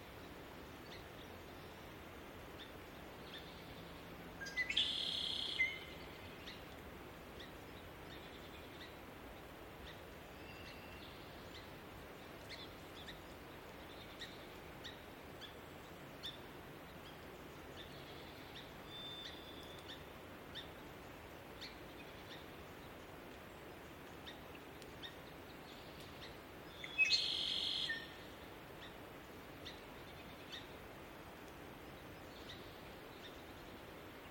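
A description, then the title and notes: A marsh at dawn under a steady low wash of distant running water, with faint bird calls and two bright, buzzy blackbird-like bursts near 5 and 27 seconds. Marshy Dawn.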